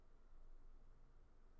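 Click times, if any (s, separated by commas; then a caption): none. A magnetic USB-C cable end is brought to the USB-C insert in a laptop port, but it fails to snap into place the way the original MagSafe did. Only a steady low hiss with faint rustling is heard, with no sudden sounds, and nothing has seated or clicked yet.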